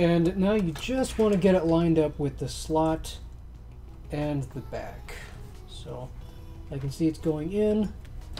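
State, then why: Not seated. A graphics card is being lined up with the PCI Express x16 slot on a motherboard, with the card's back end aligned, while someone talks over a steady low hum. A few faint handling knocks occur, and a brief sharp tick comes at 8.4 s, but the card has not yet been pushed home and nothing has seated or clicked yet.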